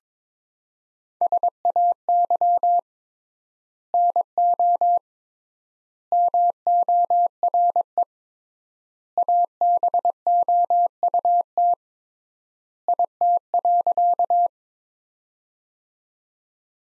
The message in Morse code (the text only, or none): SAY NO MORE ABOUT IT.